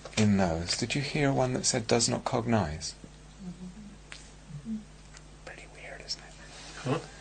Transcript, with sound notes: in those, did you hear one that says "does not cognize"? [whispers] It's pretty weird isn't it?